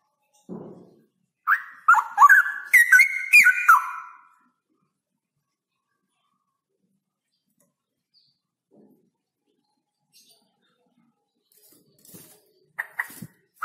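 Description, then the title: Straw-headed bulbul song: one loud gurgling phrase of tumbling whistled notes, then a long silence before a few short notes. Male bird, singing often (gacor) with a loud voice and long rolling trills; recording used as masteran, audio to train other birds. "GILEEE Cucak ROWO Jantan GACOR Suara Lantang ROoo EL Panjang"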